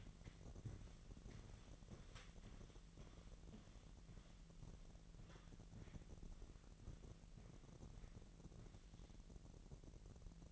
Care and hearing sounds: daily activity, microphone in the room; walk to room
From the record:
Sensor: 4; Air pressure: 1013.2 hPa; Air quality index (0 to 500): 248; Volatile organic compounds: 4 ppm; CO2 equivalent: 1647 ppm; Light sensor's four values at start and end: 26/59/24/23 and 34/81/33/32

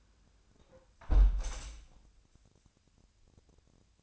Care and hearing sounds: daily activity, microphone in the room; close window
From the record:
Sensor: 2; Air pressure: 1000.3 hPa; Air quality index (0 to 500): 160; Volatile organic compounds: 3 ppm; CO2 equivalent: 1332 ppm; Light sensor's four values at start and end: 11/30/11/13 and 11/30/11/13

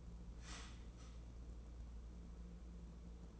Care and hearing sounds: daily activity, microphone in the room; start toaster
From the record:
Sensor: 1

